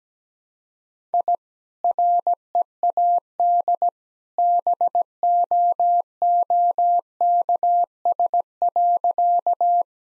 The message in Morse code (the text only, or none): I READ BOOKS.